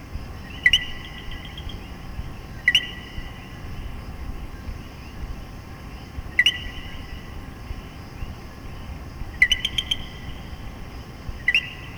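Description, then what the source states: Common coquí giving several two-note calls at irregular intervals, one with several quick high notes in a row, over low background noise. Puerto Rico.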